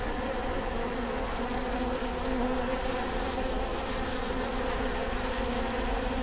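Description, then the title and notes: Honey bee hive buzzing as an even low drone, with a brief high chirping sound partway through. Bee hive at Prinzessinnengarten, Hermannstraße, Berlin, Germany; recorded with Sony PCM D50 and Primo EM172. "Prinzessinnengarten II, Hermannstraße, Berlin, Deutschland - bee hive. bee hive at Prinzessinnengarten (Sony PCM D50, Primo EM172)"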